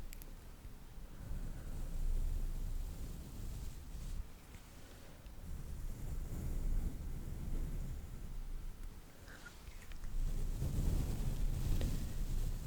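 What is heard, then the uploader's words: Foam brushed and scratched over a microphone, producing a dense, rumbling rustle heavy in the low end. The scratching swells and fades in broad waves, easing around four seconds and again near nine, then building louder toward the end, with a few faint bright ticks. Mic Brushing, Scratching & Tingly Foam Sounds.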